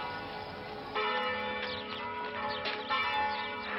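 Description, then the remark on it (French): Church bells peal together in a steady, resonant wash, fresh strikes layering over the lingering hum of earlier tones. The ringing is full and sustained, with no voices. “Ben, il attend la scène des cloches.”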